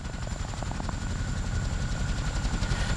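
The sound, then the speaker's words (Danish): A Huey helicopter's two-bladed rotor thumps in a steady, rapid low-pitched beat, layered over a constant engine drone and a faint high whine, loud and unbroken throughout. “Jamen, det er en Huey. Det er, fordi den kun har to rotorer.”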